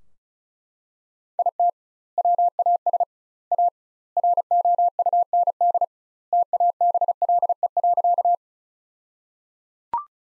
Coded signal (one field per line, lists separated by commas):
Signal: Morse code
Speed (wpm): 34 wpm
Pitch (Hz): 700 Hz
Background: none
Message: IT WAS A ROUND TABLE.